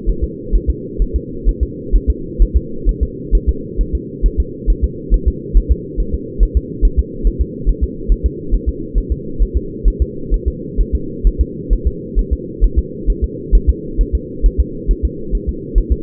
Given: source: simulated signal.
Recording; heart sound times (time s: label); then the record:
fetal heart sounds
0.09 s: S1
0.24 s: S2
0.55 s: S1
0.70 s: S2
1.02 s: S1
1.16 s: S2
1.49 s: S1
1.63 s: S2
1.95 s: S1
2.10 s: S2
2.42 s: S1
2.56 s: S2
2.89 s: S1
3.03 s: S2
3.35 s: S1
3.49 s: S2
3.81 s: S1
3.95 s: S2
4.26 s: S1
4.40 s: S2
4.70 s: S1
4.84 s: S2
5.14 s: S1
5.28 s: S2
5.57 s: S1
5.72 s: S2
6.00 s: S1
6.14 s: S2
6.43 s: S1
6.57 s: S2
6.85 s: S1
6.99 s: S2
7.27 s: S1
7.41 s: S2
7.69 s: S1
7.84 s: S2
8.12 s: S1
8.26 s: S2
8.55 s: S1
8.69 s: S2
8.98 s: S1
9.12 s: S2
9.42 s: S1
9.57 s: S2
9.88 s: S1
10.02 s: S2
10.34 s: S1
10.48 s: S2
10.80 s: S1
10.95 s: S2
11.27 s: S1
11.41 s: S2
11.73 s: S1
11.87 s: S2
12.19 s: S1
12.33 s: S2
12.64 s: S1
12.79 s: S2
13.10 s: S1
13.24 s: S2
13.55 s: S1
13.69 s: S2
14.01 s: S1
14.15 s: S2
14.46 s: S1
14.60 s: S2
14.91 s: S1
15.05 s: S2
15.35 s: S1
15.49 s: S2
15.78 s: S1
15.92 s: S2
From the record:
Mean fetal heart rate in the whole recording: 135 bpm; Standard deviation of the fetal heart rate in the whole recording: 3 bpm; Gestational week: 36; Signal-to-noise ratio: -4.3 dB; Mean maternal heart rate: 72 bpm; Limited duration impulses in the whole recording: absent